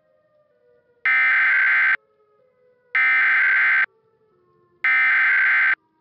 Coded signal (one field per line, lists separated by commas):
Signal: Emergency Alert System (SAME) tones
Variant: header bursts